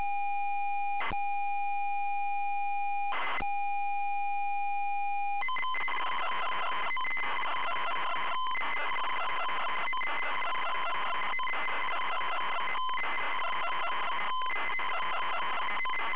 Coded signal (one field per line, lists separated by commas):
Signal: ZX Spectrum tape loading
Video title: ZX SPECTRUM Loading Through the Trap Door 1987 Piranha